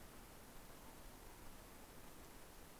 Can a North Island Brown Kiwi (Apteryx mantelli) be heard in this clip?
no